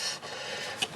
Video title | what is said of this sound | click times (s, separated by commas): How To Install A Kitchen Faucet With Greg Zanis | There, I heard it click. | 0.8 s